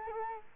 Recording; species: mosquito wingbeat signal from an infrared sensor; Culex quinquefasciatus